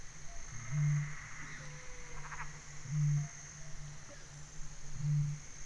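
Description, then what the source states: Eurasian bittern giving deep, resonant booms, three in a row about every two seconds, each a low hollow pulse; a brief faint rattle sounds between them. Recorded 2 December 2021 at 02:00, at night.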